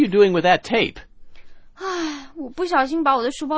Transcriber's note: sighs